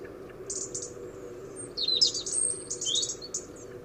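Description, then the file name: European robin calls: thin high notes and short twittering phrases, fairly quiet, with a steady low hum underneath. "Erithacus rubecula"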